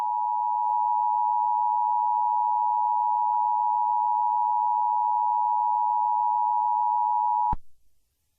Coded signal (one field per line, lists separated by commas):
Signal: Emergency Alert System (SAME) tones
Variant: 853 and 960 Hz attention tone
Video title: EAS Scenario/Mock #13 - Admin/Romeo